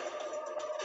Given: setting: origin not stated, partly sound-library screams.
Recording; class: one-second piece from a danger detection set; woman in danger